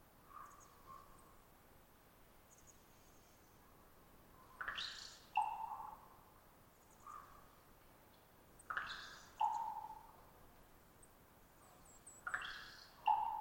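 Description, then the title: Common raven repeating a twittery trill ending in a loud hollow pop, three times about every four seconds, with soft fainter notes between and constant background hiss. Raven perched about 50 ft above the recordist, some distance away; long trilling twitter before the pop call; pop varies with location and population; gulps or beak snaps after pops. "More Raven Twittering-Pop"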